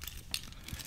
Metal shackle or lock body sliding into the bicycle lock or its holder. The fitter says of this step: Alright slides in there and